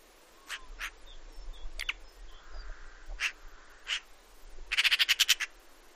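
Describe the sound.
Eurasian magpie with several isolated harsh calls, ending in a quick, rattling chatter of about eight notes.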